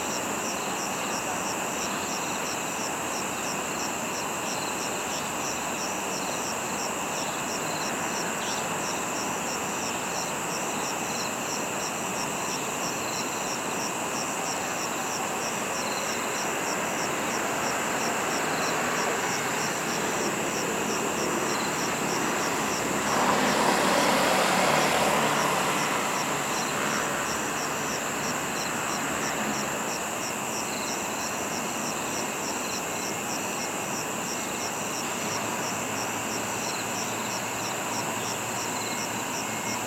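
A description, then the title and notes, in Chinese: Insects chirr steadily beside a wetland park parking lot, a dense high, rhythmically pulsing chorus that never lets up. A vehicle swells past between about 22 and 27 seconds, louder and rougher, over a constant low outdoor hum. 宜蘭礁溪三民濕地公園。21:16。Tascam DR-40x。三民濕地公園停車場旁，手持原地360度錄音，因此方位會有所變化。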